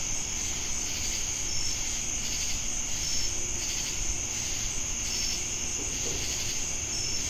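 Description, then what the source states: Cricket and insect chorus with an unbroken high trill, rhythmic buzzy swells, short high tones recurring every second or two, and a low rumbling background. Crickets with cicadas in Jamestown, North Carolina, on 10 August 2018.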